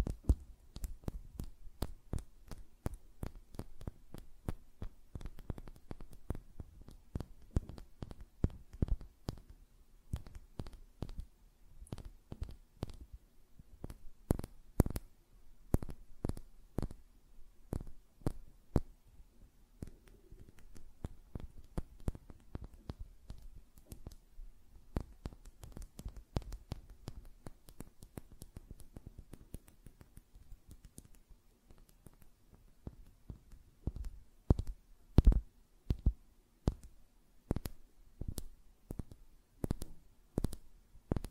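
Quick tapping on nails and fluttering fingers make a dense run of sharp clicks, arriving in uneven bursts and clusters through the whole recording. Some taps land harder, especially near the end, over a faint low hum.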